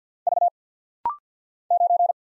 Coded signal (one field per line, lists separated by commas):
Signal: Morse code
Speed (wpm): 50 wpm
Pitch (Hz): 700 Hz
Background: none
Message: V 9